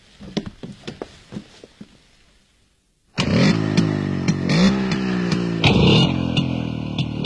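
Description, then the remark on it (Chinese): A car engine being tried out sputters through a few uneven cranking bursts, falls silent briefly, then catches with a sudden loud roar and revs steadily, its growl rising and falling with the throttle. “谁好发动吗？ 当然了，你可以试试。”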